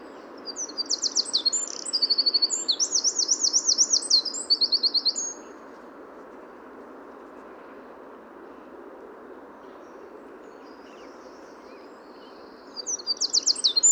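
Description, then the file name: Eurasian wren song: a vigorous run of high, rapid, metallic trills lasting about five seconds. After a quiet pause, a fresh burst of trilling begins at the end. "Troglodytes troglodytes"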